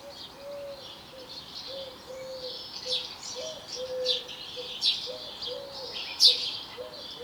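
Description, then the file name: House sparrow chirps, a few spaced about a second apart, over a quiet, regularly repeated low tonal note. "Passer domesticus"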